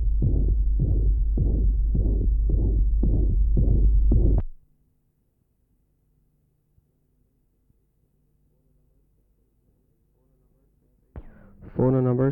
Has an innocent systolic murmur. Note the grunting character of the ejection systolic murmur and the normal splitting of the second heart sound. Recording taken at pulmonary area.